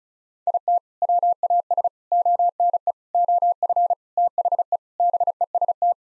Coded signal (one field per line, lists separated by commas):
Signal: Morse code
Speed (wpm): 36 wpm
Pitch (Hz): 700 Hz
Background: none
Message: IT WAS ONE OF THE BEST